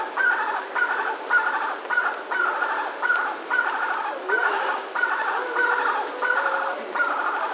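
Bird calling in harsh, buzzy bursts in a steady series over a hissing background, with a lower drawn-out note near the end.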